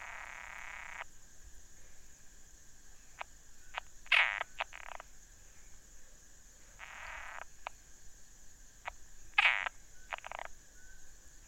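Frog giving harsh rasping croaks and short clicks, two louder grating bursts several seconds apart, over a steady high hum.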